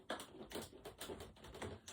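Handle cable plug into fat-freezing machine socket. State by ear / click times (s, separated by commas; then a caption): seated / 0.1 s. A handle cable connector, tight-fitting, is pushed into the socket of a CoolSculpting fat-freezing machine, and its side tabs click in sharply at 0.1 s. Two softer clicks or knocks follow at about 1.0 s and 1.6 s. The connector is seated, with the tabs locked in.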